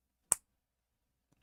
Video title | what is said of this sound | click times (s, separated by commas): groggy Gunpla | oh gotta love that click look at that it moves | 0.3 s